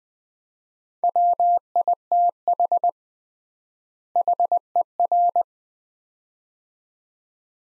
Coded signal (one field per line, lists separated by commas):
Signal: Morse code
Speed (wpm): 20 wpm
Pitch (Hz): 700 Hz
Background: none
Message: WITH HER